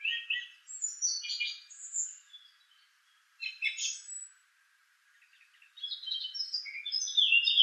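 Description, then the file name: Song thrush singing in separate bursts of high squeaky and scratchy phrases divided by short silences, the last burst louder and fuller. "suara-kicauan-burung-song-thrush 7-omkicau"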